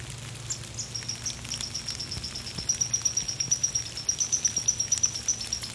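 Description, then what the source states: Chipmunk giving a long series of high chips, louder in the second half, with soft rain in the background. Recorded in the rain, 6 November 2016.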